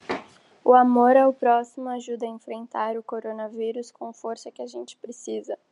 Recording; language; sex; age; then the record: spoken sentence; Brazilian Portuguese; female; 18 to 19 years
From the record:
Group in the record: control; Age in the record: 18 years